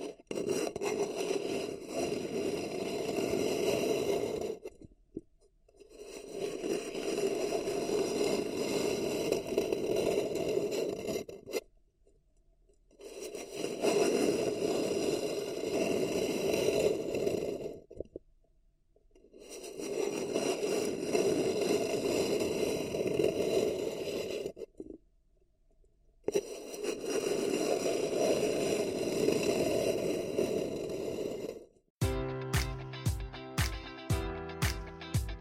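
Paper cup tingles: a dense, crackly rubbing and scraping on a paper cup, played in five long bursts of about five seconds each with brief silences between. A few loud, evenly spaced taps close the last few seconds.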